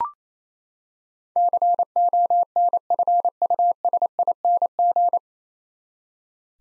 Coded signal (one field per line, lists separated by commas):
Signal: Morse code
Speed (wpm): 28 wpm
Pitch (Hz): 700 Hz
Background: none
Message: CONFUSING